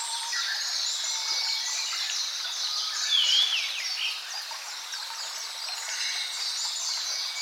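Bird chorus: many birds singing at once in a dense, high twittering mix, with chirps, trills and one clear whistled swoop standing out.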